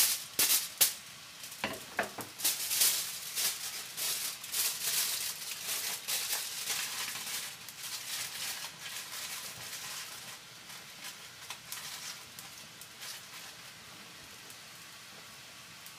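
Food for bento is cooked ahead, with dense bright crackling and sizzling, busiest in the first eight seconds, then settling into a quieter steady hiss.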